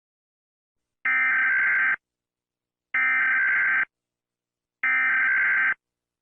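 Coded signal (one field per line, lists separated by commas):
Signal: Emergency Alert System (SAME) tones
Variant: header bursts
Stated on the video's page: Fictional EAS scenario.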